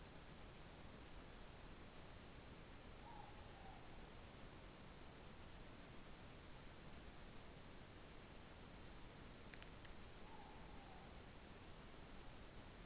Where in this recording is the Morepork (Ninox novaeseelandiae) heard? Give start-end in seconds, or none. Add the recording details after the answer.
2.94-3.83, 10.19-11.04. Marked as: faintness 2/5, faintness 3/5. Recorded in New Zealand. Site Taranaki